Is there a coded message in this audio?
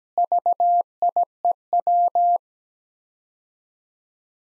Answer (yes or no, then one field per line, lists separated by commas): yes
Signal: Morse code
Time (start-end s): 0.2-2.4 s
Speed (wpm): 17 wpm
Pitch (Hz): 700 Hz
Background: none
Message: VIEW